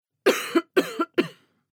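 Three coughs in quick succession from an adult.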